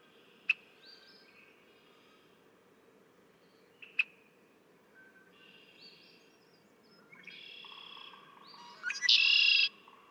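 Red-winged blackbird: two sharp check notes and faint buzzy phrases, then a loud, harsh buzzy trill near the end.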